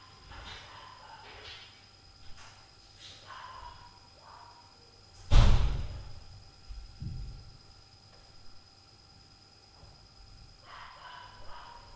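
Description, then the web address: Dog giving several barks, broken by a heavy door slam midway, with a continuous low hum in the background. Night-time recording of a dog with fridge hum and two door noises, 2022. "zone 51 2022 Night Noise Fridge DOG 2 x DOOR NOISE"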